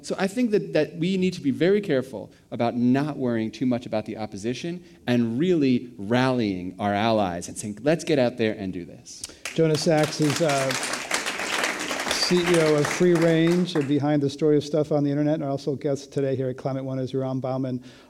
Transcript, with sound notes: So I think that we need to be very careful about not worrying too much about the opposition and really rallying our allies and think let’s get out there and do this.
[Applause]
Jonah Sachs is a CEO of Free Range, they’re behind The Story of Stuff on the internet. And also our guest today here at Climate One is Yoram Bauman,